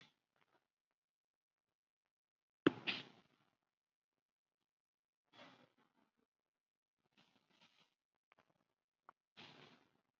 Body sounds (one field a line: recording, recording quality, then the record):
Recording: shallow breathing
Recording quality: poor, much background noise or distortion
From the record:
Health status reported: COVID-19 positive, mild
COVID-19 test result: positive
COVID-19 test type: RT-PCR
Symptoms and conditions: breathing difficulty, fatigue, muscle pain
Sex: male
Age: 48 years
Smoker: no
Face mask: not worn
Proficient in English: no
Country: India